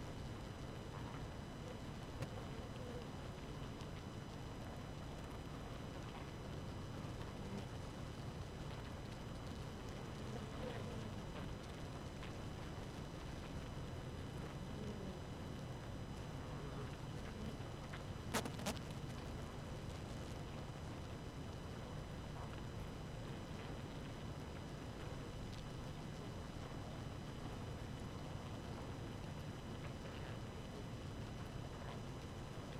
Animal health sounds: honeybee colony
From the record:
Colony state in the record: active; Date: 12 June 2018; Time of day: 4:38

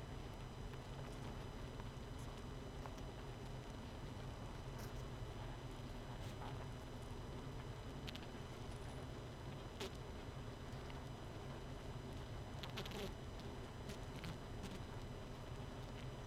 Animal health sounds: honeybee colony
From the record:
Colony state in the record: missing queen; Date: 31 May 2018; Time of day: 21:44

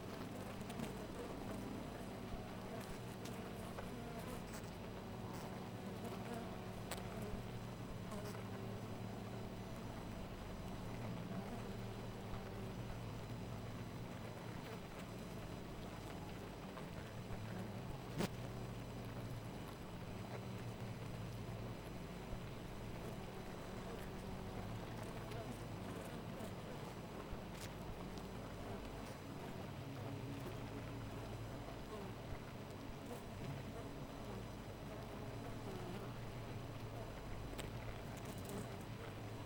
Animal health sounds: honeybee colony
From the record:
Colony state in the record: missing queen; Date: 14 July 2017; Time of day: 4:01

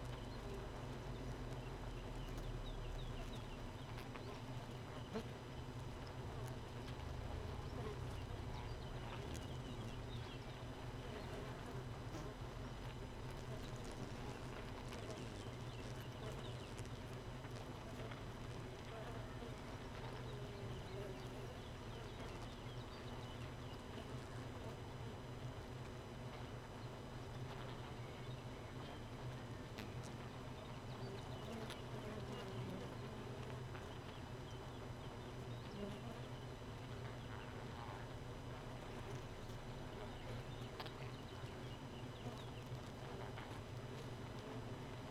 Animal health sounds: honeybee colony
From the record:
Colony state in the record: missing queen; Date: 31 May 2018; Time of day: 4:11

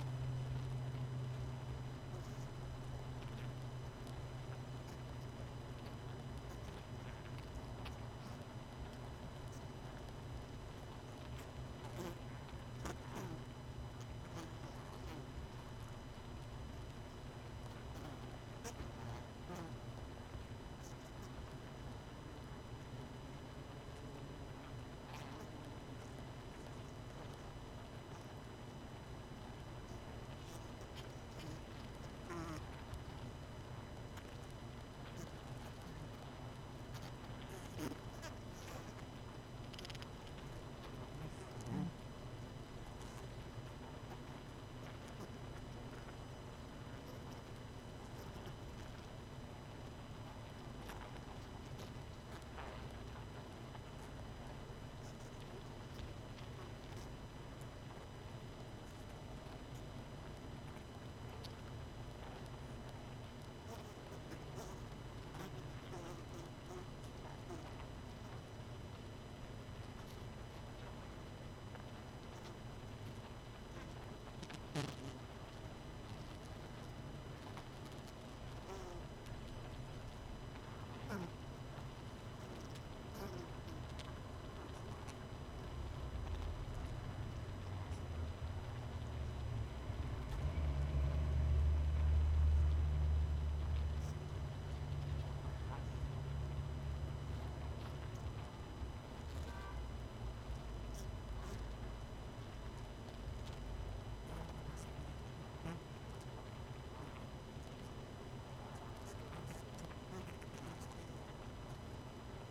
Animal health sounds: honeybee colony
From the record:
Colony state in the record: missing queen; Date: 31 May 2018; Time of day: 19:50

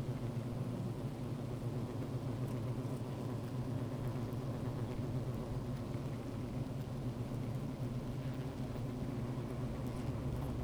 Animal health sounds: honeybee colony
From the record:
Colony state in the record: active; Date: 28 July 2017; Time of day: 15:35

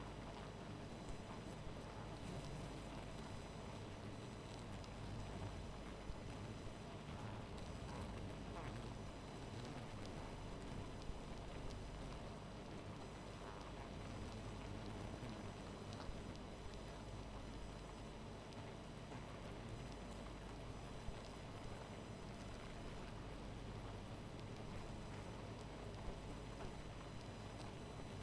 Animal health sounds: honeybee colony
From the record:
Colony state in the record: missing queen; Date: 14 July 2017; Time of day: 0:28

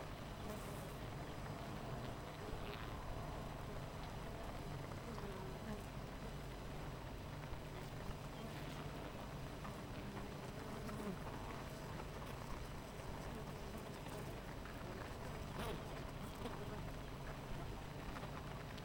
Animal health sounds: honeybee colony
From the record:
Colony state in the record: missing queen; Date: 14 July 2017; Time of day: 8:24

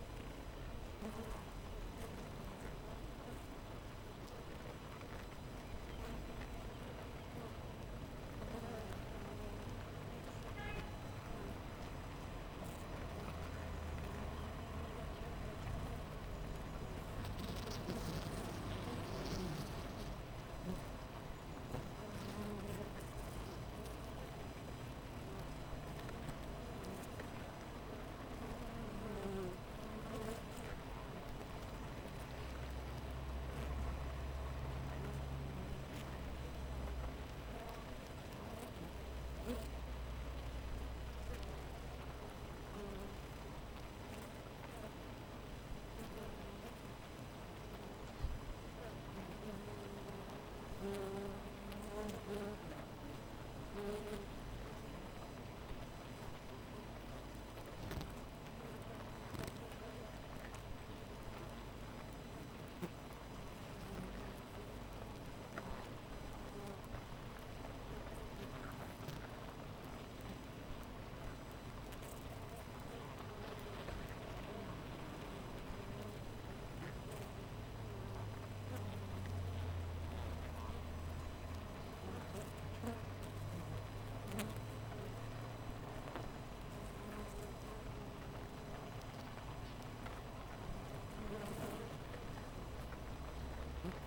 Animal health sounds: honeybee colony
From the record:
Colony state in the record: missing queen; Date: 14 July 2017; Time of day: 7:06

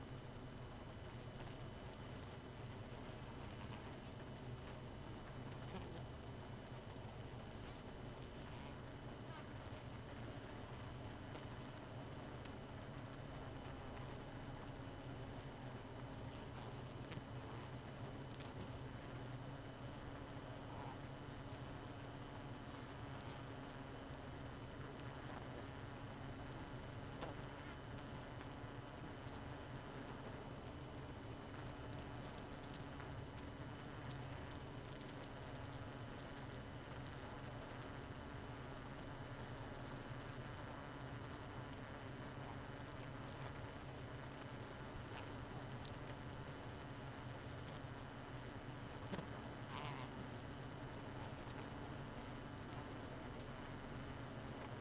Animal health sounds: honeybee colony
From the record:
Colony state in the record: missing queen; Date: 31 May 2018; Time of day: 2:30

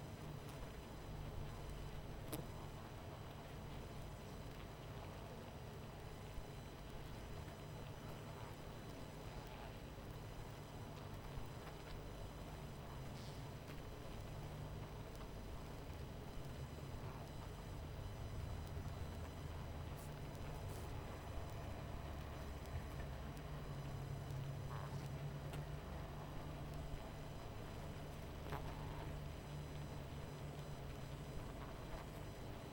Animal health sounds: honeybee colony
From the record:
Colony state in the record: missing queen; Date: 14 July 2017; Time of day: 22:26

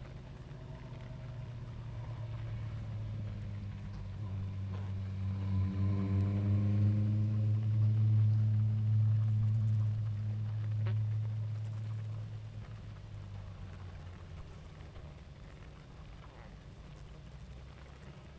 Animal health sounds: honeybee colony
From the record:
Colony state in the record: active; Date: 28 July 2017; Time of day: 20:22

